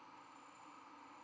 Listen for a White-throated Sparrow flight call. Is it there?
no